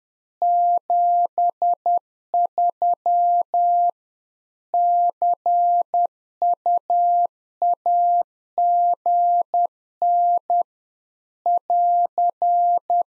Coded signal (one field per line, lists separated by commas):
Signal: Morse code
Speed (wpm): 10 wpm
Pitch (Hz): 700 Hz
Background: none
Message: 73 CUAGN <AR>